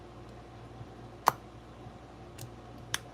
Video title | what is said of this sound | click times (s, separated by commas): Fix Magneto T-Mikes Vintage Outboards Restoration is live! | clicks right in all right | 1.3 s, 2.9 s